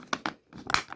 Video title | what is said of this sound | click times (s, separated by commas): Assassin's Creed Hidden Blade Assembly tutorial | give it a nice click in there like that | 0.7 s